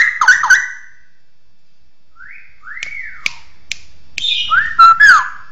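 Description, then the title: Bird song: whistled notes, a short silence, then a rising slurred arc, sharp snapping clicks and quick notes near the end. "SuaraBurung Kicau1"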